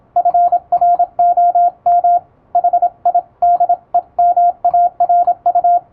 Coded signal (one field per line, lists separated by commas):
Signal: Morse code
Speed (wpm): 26 wpm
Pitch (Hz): 700 Hz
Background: radio noise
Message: FROM HIDEMARU